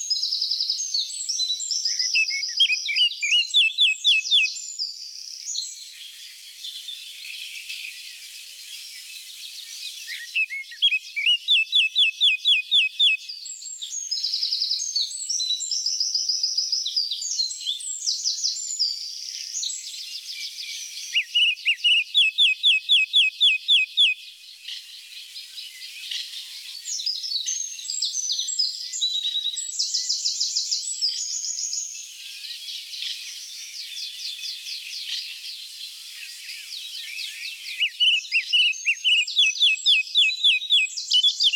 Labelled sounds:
Eurasian Blackcap song
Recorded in the wild
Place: NSG Taubergießen / Reg.-Präs. Freiburg im Breisgau, Baden-Württemberg, DE
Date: 1979-06-10
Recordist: Schwarz, Dieter

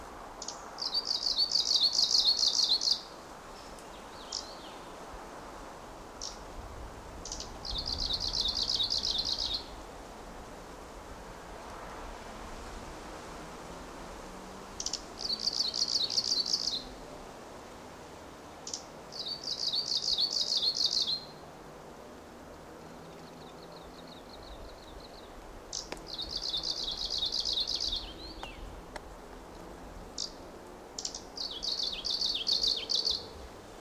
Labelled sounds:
Arctic Warbler song
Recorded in the wild
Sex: male
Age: adult
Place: Paratunka, Kamtschatka, RU
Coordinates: 53.5667, 158.417
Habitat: birch grove
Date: 1999-06-13 15:15
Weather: cloudy, ca. 20°C, moderate winds
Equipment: Sony WM-D6C, Sennheiser ME 80, K 30 AV Schalter III (1 kHz Hochpass), Kopie Sony TCD-D8
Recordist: Frommolt, Karl-Heinz

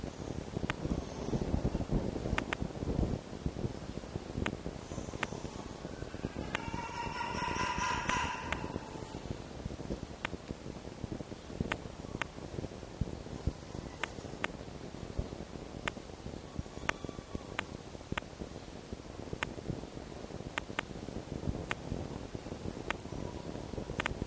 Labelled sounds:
Red Fox
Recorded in captivity
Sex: male
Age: diverse
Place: Zoologisches Institut der HUB, Berlin, DE
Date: 1954-06-17
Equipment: Elmetra
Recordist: Tembrock, Günter

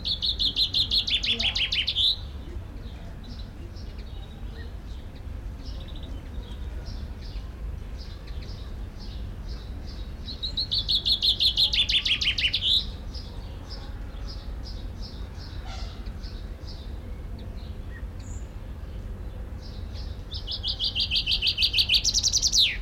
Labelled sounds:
Common Chaffinch
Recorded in captivity
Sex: male
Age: adult
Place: Zoo Berlin, Berlin, DE
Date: 1994-06-11 11:46
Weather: heiter, 12-16°C
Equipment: Marantz CP 430, Sennheiser ME 80, Kopie Uher Variocord 263
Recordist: Tembrock, Günter

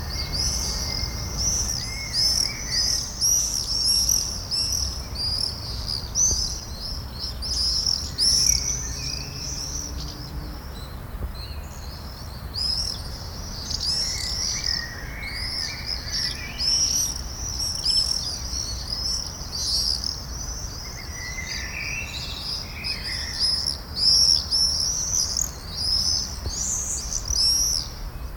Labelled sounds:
Common Swift flight call
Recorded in the wild
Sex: group
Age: adult
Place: Mörchinger Straße, Berlin, DE
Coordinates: 52.4381, 13.2733
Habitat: urban area
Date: 1996-07-20 21:10
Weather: fair, 18-19°C
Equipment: Sony MD-WM MZ-R3, Sennheiser MKH 416 T, Kopie Uher 4000 Report Monitor
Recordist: Tembrock, Günter

